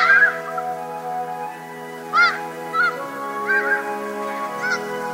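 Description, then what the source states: Snow goose honks, a handful of short nasal calls at irregular intervals, with a continuous low humming drone underneath. Tokachi Plain, Hokkaido, Japan.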